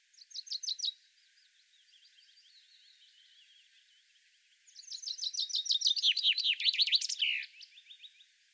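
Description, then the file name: Common chaffinch song: a brief bright phrase, then after a pause a loud series of quick, sharp notes ending in a flourish. "Fringilla coelebs"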